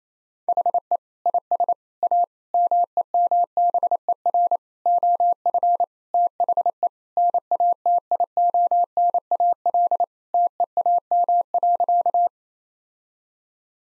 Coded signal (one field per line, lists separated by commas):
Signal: Morse code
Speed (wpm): 28 wpm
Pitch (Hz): 700 Hz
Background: none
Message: HE IS A MEMBER OF THE NATIONAL TEAM.